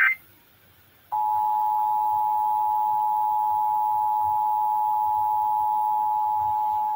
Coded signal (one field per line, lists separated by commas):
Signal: Emergency Alert System (SAME) tones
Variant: 853 and 960 Hz attention tone